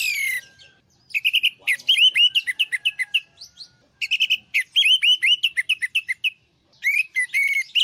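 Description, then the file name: Orange-headed thrush song in several bursts of dense, tumbling whistled notes, separated by brief silences. Master song used for training other birds. "suara masteran anis merah"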